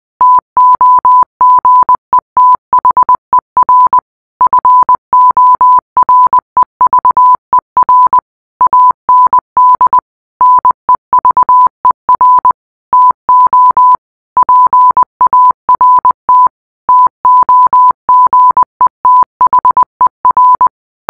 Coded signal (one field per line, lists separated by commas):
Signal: Morse code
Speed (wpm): 20 wpm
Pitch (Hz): 1000 Hz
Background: none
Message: TOGETHER FOREVER AND NEVER TO PART TOGETHER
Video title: rickroll secret ending in morse code